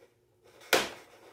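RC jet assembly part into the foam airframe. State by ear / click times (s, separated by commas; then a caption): seated / 0.7 s. A part fitted next to a rod, possibly a stabilizer or control-rod piece, is pressed into the foam airframe of an XFLY-MODEL T-7A Red Hawk 80mm EDF RC jet during assembly. After near silence and faint low handling noise, a single loud, sharp snap comes at 0.7 s and fades over about a quarter second. The part snaps into place and is seated.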